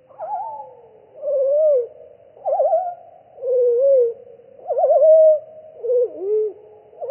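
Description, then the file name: Pied flycatcher song, fluting phrases in pairs, a rapid trill followed by a wavering whistle, repeated regularly throughout. Recording apparently slowed down (title: minus three). "GOBEMOUCHE NOIR"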